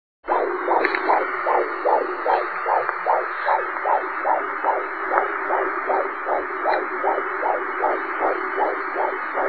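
Rapid, regular whooshing pulses at about 150 beats a minute over a steady hiss, with little deep thump: a fast heartbeat with a Doppler-like swishing quality.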